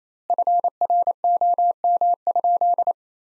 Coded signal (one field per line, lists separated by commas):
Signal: Morse code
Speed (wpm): 27 wpm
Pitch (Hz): 700 Hz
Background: none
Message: FROM?